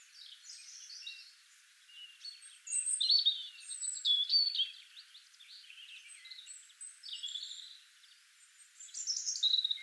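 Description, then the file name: European robin song: high, varied twittering and warbling phrases over a steady background hiss. "Erithacus rubecula"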